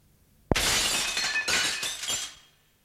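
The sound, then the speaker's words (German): A window pane struck with bare fists shatters with a sudden loud crack, followed by a bright, crashing cascade of breaking glass and a few later bursts of tinkling shards that fade out after about two seconds. “Dann mit bloßen Fäusten auf die Fensterscheibe los.”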